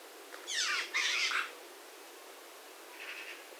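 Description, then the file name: Eurasian magpie giving two harsh, rattling chatter bursts close together, then a fainter, shorter chatter about two seconds later, over a quiet hiss. "Pica pica"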